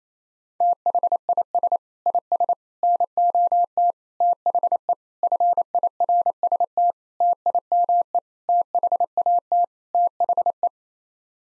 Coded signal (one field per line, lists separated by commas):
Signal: Morse code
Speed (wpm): 28 wpm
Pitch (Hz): 700 Hz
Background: none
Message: THIS IS NOT THE FIRST TIME THAT THE